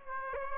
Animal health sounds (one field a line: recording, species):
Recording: mosquito wingbeat signal from an infrared sensor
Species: Aedes aegypti